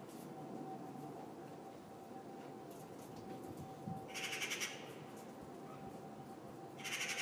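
Magpie harsh rattling chatter in two short bursts, one past the middle and one at the end, over a steady hum and low background rumble.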